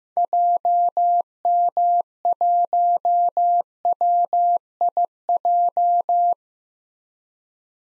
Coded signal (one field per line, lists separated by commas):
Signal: Morse code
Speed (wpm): 15 wpm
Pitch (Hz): 700 Hz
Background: none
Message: JM1WIJ